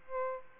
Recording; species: mosquito wingbeat signal from an infrared sensor; Aedes albopictus